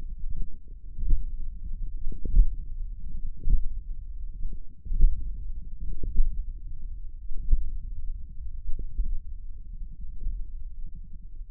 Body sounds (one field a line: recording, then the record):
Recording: forearm muscle sounds (acoustic myography)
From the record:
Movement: hand closing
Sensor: system 1, eight BSWA MPA416 microphones around the upper forearm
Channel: 8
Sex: male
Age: 54 years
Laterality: right